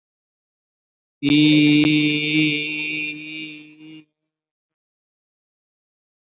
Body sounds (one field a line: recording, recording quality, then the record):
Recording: sustained vowel as in beet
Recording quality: excellent, no background noise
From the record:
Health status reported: COVID-19 positive, mild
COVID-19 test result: positive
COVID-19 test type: RT-PCR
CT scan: not taken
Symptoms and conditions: cold, fever, another respiratory illness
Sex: male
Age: 27 years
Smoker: no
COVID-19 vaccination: both doses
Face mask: worn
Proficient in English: yes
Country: India